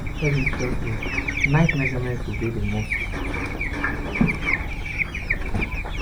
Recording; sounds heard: poultry house recording; background noise or bird activity such as feeding and pecking